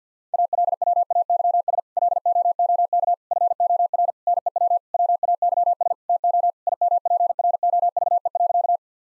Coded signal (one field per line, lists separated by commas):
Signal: Morse code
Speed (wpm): 50 wpm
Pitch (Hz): 700 Hz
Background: none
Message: ALWAYS LOOK FOR NEW WAYS TO IMPROVE.